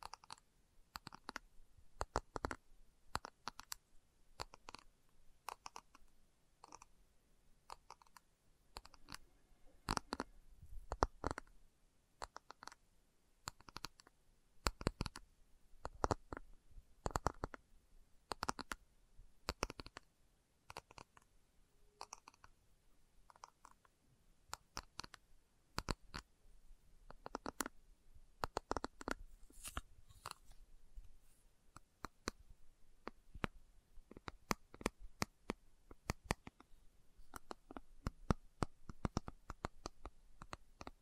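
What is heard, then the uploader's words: Slow tapping made of sharp, bright clicks that land irregularly, often in small clusters of two or three with short pauses between. The taps continue for the full length with similar loudness, and the quieter gaps carry a faint hiss. ASMR Slow Tapping for Deep Sleep (No Talking).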